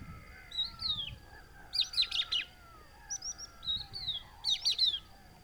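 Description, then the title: Crested lark whistles, short plaintive descending notes in quick clusters, repeated several times over faint drawn-out calls from other birds and low background noise. Adult calling to others, hidden in Camargue salt-marsh at Étang du Vaccarès, 5 September 2020, about an hour after sunrise; whistled, plaintive call; Nagra Seven with Telinga Pro7. "COCHEVIS DU VACCARES"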